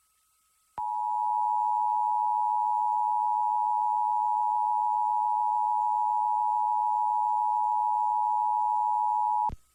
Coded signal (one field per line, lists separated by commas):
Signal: Emergency Alert System (SAME) tones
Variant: 853 and 960 Hz attention tone